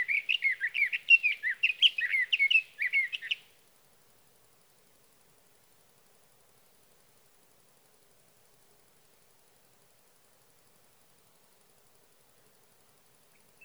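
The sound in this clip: Sage thrasher song: a dense burst of rapid warbled notes for about three seconds, then a long silence with a hint of another note at the very end.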